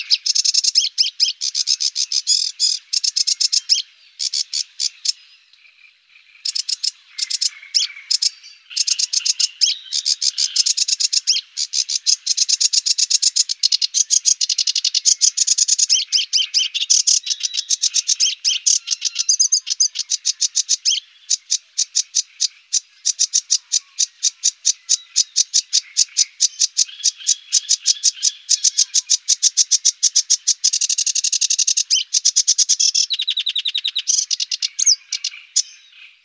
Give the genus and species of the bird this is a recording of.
Acrocephalus schoenobaenus